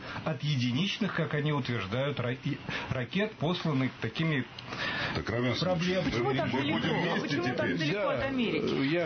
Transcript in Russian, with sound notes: от единичных, как они утверждают, ракет, посланных такими проблемными…
(говорят все вместе) А почему так далеко от Америки?